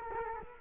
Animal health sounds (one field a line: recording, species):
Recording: mosquito wingbeat signal from an infrared sensor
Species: Culex quinquefasciatus